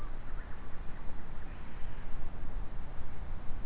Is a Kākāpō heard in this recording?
no